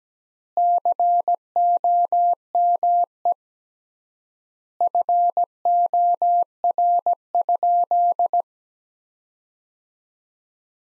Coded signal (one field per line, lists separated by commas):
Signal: Morse code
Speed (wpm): 17 wpm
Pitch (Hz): 700 Hz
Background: none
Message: COME FOR?